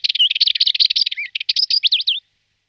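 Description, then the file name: Rüppell's warbler giving a fast, dry, rattling chatter of scratchy notes for about two seconds, then silence. "pěnice-rüppelova"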